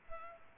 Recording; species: mosquito wingbeat signal from an infrared sensor; Culex pipiens